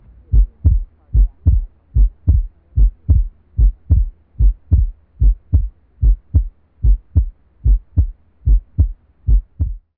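Regular adult heart sounds heard through a stethoscope, about 75 beats per minute, each beat a clear paired lub-dub of first and second sounds.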